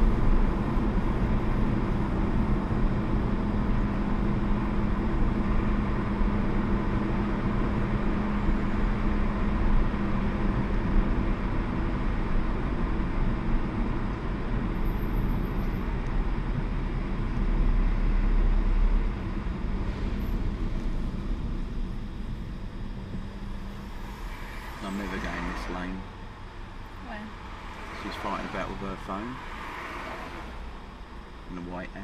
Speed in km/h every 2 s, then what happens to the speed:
61, 61, 61, 61, 60, 58, 55, 42, 40, 40, 29, 8, 0, 0, 0, 0.
0-9 steady at about 61. 9-24 brakes to 0. 24-32 standing.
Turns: none.